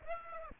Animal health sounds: mosquito wingbeat signal from an infrared sensor; Aedes aegypti

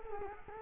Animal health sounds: mosquito wingbeat signal from an infrared sensor; Culex quinquefasciatus

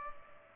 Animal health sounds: mosquito wingbeat signal from an infrared sensor; Culex pipiens

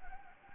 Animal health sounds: mosquito wingbeat signal from an infrared sensor; Anopheles gambiae

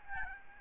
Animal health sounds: mosquito wingbeat signal from an infrared sensor; Aedes albopictus

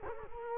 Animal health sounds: mosquito wingbeat signal from an infrared sensor; Culex quinquefasciatus

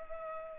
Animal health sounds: mosquito wingbeat signal from an infrared sensor; Culex pipiens

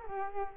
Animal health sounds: mosquito wingbeat signal from an infrared sensor; Culex quinquefasciatus

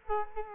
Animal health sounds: mosquito wingbeat signal from an infrared sensor; Culex quinquefasciatus

